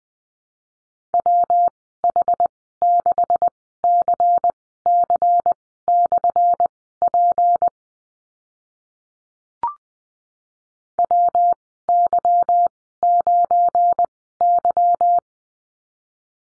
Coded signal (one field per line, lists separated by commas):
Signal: Morse code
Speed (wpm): 20 wpm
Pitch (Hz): 700 Hz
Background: none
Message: WH6CC/P WY9Y